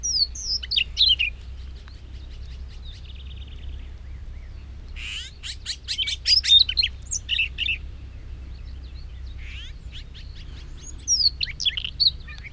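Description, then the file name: Siberian rubythroat singing short, varied warbling phrases of high chirps and whistles, including a buzzy trill and a longer scratchy phrase near the middle, over a low steady hum. "rubythroat-siberian -Calliope-calliope"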